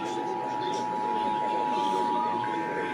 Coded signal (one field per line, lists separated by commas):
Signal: Emergency Alert System (SAME) tones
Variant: 853 and 960 Hz attention tone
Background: speech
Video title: Los Angeles Required Monthly Tests (EAS #6170-6236) 3/29/22